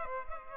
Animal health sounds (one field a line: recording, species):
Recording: mosquito wingbeat signal from an infrared sensor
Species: Culex pipiens